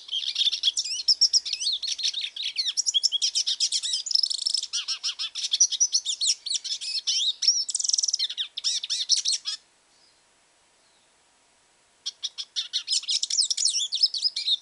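Hooded siskin song: an extended rush of high chirps and buzzy twitters, falling briefly silent before resuming.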